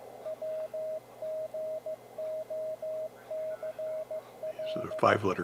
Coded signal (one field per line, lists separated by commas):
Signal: Morse code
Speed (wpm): 15 wpm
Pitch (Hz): 630 Hz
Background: speech, radio noise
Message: WGOCL